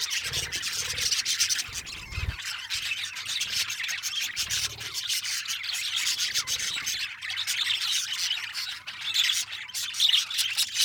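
Harsh, scratchy parakeet squawks run together in a continuous flock chatter.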